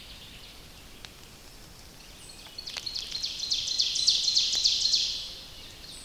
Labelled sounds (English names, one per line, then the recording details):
Ovenbird song
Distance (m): 50 m
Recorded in boreal forest in Alberta, Canada, on 29 May 2016 at 07:25
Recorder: SongMeter 3, array SBT-3-49
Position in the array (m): 55 m, 262 m
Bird 14